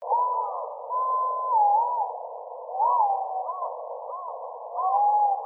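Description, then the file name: White-bellied green pigeon giving long, mournful whistles that waver and bend up and down, with a steady hiss behind them. Recorded 25 May 2015. "aobato 150525"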